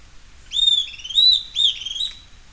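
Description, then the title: Bird song: a few clear, whistled, slurred phrases in quick succession over faint low background hiss. "LuckyPassaro Completos2Sama"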